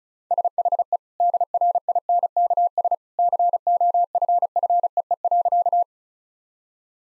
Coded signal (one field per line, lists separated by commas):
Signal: Morse code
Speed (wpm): 36 wpm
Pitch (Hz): 700 Hz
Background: none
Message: SHE DRINKS COFFEE.